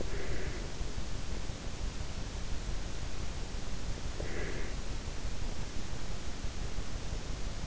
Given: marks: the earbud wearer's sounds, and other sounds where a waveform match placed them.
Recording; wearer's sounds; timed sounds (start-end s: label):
sounds in sleep by an in-ear microphone; breath
0.00-0.78 s: breath
4.11-4.83 s: breath